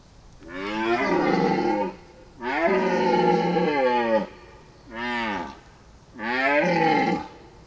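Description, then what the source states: Red deer stag roaring four times in a row, each harsh harmonic bellow lasting from under one second to about two seconds, separated by short pauses. Subspecies hippelaphus; one male.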